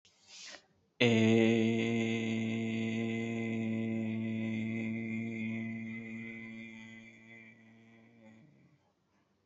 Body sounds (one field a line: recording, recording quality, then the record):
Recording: sustained vowel as in made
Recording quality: excellent, no background noise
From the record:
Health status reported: healthy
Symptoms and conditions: none ticked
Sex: male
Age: 22 years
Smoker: not ticked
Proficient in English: no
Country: India